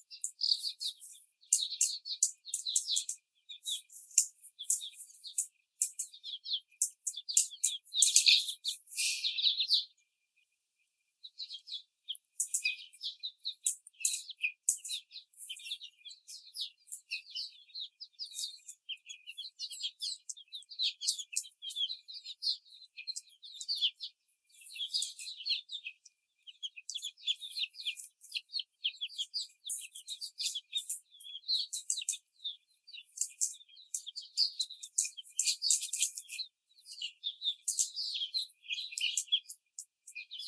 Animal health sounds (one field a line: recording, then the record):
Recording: young laying hens in a cage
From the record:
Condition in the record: before the stressor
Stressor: simulated dog barking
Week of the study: 4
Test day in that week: 3